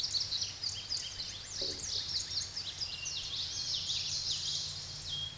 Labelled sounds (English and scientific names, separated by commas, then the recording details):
Common Yellowthroat (Geothlypis trichas) song
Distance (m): 30 m
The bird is about 5 m above the microphone
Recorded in a Pennsylvania forest on 16 May 2024 at 06:33
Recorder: AudioMoth, point MSD-2320
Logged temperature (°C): 12.8 °C
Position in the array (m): 236 m, 175 m